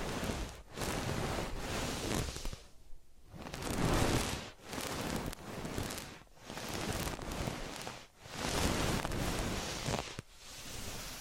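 Massage and ear cleaning sounds come as dense, hissing rubbing strokes in waves every second or two, separated by brief quiet gaps.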